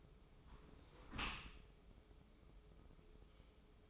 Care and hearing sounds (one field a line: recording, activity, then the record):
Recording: daily activity, microphone in the room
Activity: close dishwasher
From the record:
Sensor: 1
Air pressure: 995.9 hPa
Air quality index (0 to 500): 64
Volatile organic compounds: 2 ppm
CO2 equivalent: 1280 ppm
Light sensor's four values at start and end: 32/110/43/45 and 32/110/42/44